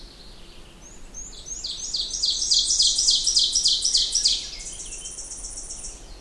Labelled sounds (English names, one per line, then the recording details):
Ovenbird song
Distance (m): 5 m
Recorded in boreal forest in Alberta, Canada, on 20 June 2016 at 06:41
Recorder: SongMeter 3, array SBT-6-81
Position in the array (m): 4 m, 289 m
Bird 26